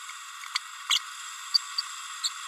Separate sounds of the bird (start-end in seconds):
0.55-0.58, 0.89-0.99, 1.54-1.58, 1.78-1.81, 2.23-2.29